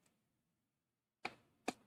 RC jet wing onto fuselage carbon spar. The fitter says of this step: push it until it clicks